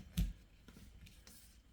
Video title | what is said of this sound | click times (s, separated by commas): HOW TO INSTALL WIPER BLADES ON A NISSAN FRONTIER LIKE A PRO | in the hook give it a little pushup until you hear a click like that and you can see she's stuck | 0.2 s